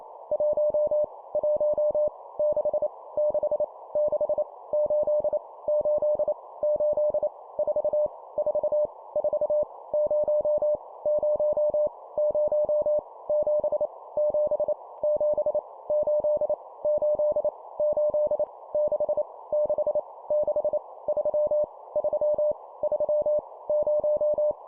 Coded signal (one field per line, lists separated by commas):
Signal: Morse code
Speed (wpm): 28 wpm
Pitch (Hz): 600 Hz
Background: none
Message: 1 1 6 6 6 8 8 8 4 4 4 0 0 0 7 7 7 8 8 8 6 6 6 3 3 3 0